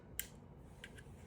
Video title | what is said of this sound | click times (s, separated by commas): How to install the Radian Anchor and Magwell on the Glock 43x 48 #radianweapons #glock #installation | It's very, very faint snap, but I did hear it. | 0.2 s